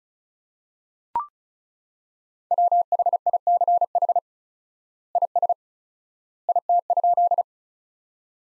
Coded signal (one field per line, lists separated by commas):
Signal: Morse code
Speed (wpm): 34 wpm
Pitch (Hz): 700 Hz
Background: none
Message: WHICH IS IT?